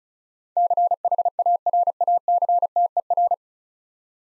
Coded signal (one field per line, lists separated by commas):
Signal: Morse code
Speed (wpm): 34 wpm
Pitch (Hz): 700 Hz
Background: none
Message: CHARACTER